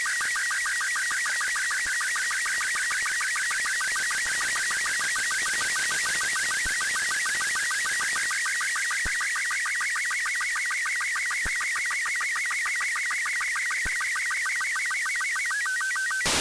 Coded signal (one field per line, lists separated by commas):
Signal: SSTV (slow-scan television)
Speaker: and there you have it. An image from space.